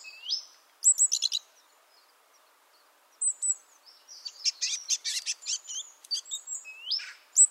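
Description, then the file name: Great tit calls: short bursts of high ticking notes and curved, slurred whistles, separated by a quiet pause of about two seconds, then a dense run of clicks and swoops. "Parus major"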